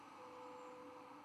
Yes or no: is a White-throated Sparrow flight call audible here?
no